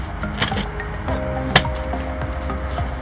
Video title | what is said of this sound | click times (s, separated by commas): 2018 WRX/STI MFD Transplant | Make sure you guys click the back in, guys. There's two prongs here that you really gotta push to get a click down. Boom, | 1.6 s